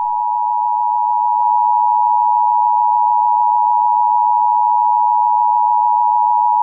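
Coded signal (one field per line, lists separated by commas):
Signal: Emergency Alert System (SAME) tones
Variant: 853 and 960 Hz attention tone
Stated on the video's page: Fictional EAS scenario, not for broadcast; tones may be valid.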